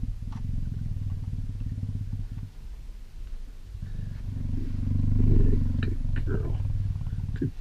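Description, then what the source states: Cheetah purring, a deep pulsing rumble that pauses midway then resumes, with a few soft clicks and rustles over it. Tame cheetah, lying in bed.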